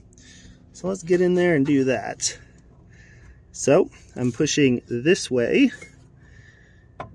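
Someone talks while pushing a headlight bulb one way in its headlight housing on a 2019 Buick Encore / Chevy Trax during removal. At 7.0 s the bulb retainer gives a single short click, which can also be felt. The bulb is released so it can be twisted out counterclockwise.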